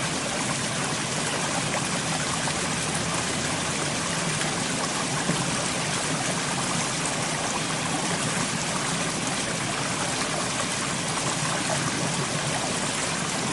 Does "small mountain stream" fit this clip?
yes